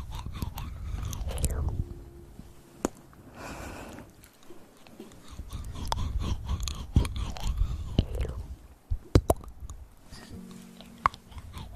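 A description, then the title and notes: Mouth sounds: wet chewing and smacking with sharp clicks and crunchy bites scattered throughout, the strongest snaps near nine seconds. Soft breathy whispers drift in between, and short humming tones appear around two and eleven seconds. Sensitivity Mouth Sounds.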